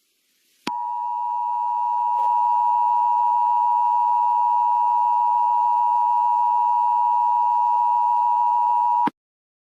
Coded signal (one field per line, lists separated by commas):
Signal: Emergency Alert System (SAME) tones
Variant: 853 and 960 Hz attention tone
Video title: EAS Scenario - Sudan Conflict